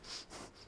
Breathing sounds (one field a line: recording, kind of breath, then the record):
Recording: one breath in and out by a microphone near the nose and mouth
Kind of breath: strong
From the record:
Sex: male